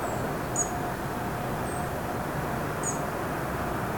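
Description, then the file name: European robin giving thin, very high-pitched calls, single notes alternating with doubled notes, over a steady low rumble of background noise. "Erithacus rubecula"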